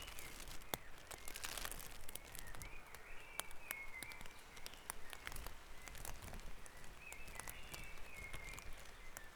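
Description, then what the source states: Dawn chorus of birds, short warbled and whistled phrases overlapping throughout, against constant hiss and frequent crackling clicks. Dawn chorus recorded on Back Dragon Avenue, Harrogate, as part of the Sound Map of Harrogate.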